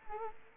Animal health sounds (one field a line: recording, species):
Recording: mosquito wingbeat signal from an infrared sensor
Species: Anopheles arabiensis